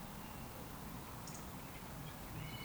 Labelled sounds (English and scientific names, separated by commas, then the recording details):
Eurasian Woodcock (Scolopax rusticola) whistle
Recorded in Baden-Württemberg, Germany, on 13 June 2020 at 19:52 UTC
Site 14569, 102 m above sea level